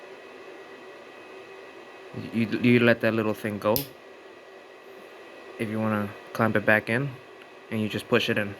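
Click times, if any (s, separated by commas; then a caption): none. Someone talks over a steady low hum while handling the folding or stem latch on an electric scooter, releasing it and pushing it back in. Speech comes in bursts around 2.1–3.9 s, 5.6–7.1 s and from 7.8 s to the end. The latch has not clicked or seated yet when the clip ends.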